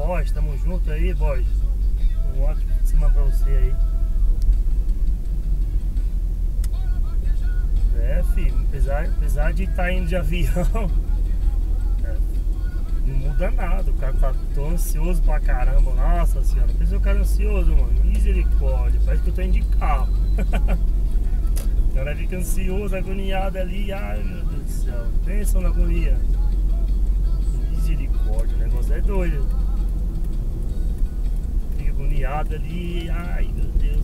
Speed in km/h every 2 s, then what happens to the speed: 24, 26, 29, 31, 33, 35, 35, 34, 37, 41, 43, 42, 43, 44, 45, 43, 43.
0-9 speeds up to 35. 9-15 steady at about 35. 15-20 speeds up to 43. 20-34 steady at about 43.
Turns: none.